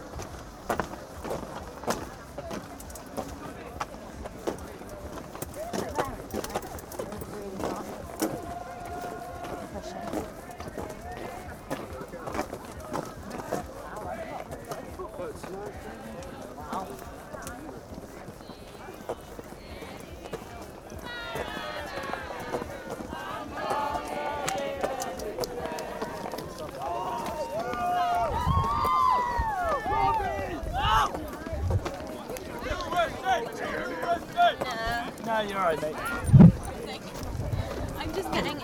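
A night walk through the Glastonbury festival grounds toward a tent, with footsteps and many overlapping voices of a crowd throughout. Frequent short knocks and scuffs pass by, and after about 25 seconds the chatter grows louder and busier, with animated shouts and calls near the end.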